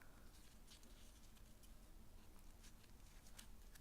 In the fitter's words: here that click one click and it's in